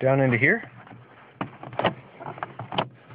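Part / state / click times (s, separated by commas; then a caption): plastic door panel slide latch into sliding door mount / seated / 2.8 s. On a 2008 Honda Odyssey sliding door, the angled slide latch on the plastic door trim panel is pushed down into its mount on the door during a door latch actuator repair. Someone talks at the start, then several short plastic knocks and clicks follow. The latch pops into place and seats with the loudest click at 2.8 s.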